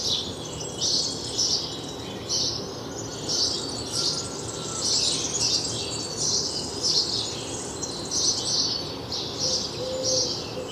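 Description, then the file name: House sparrow giving a steady run of sharp, high chirps in loose bursts, with faint low background noise throughout. "Passer domesticus"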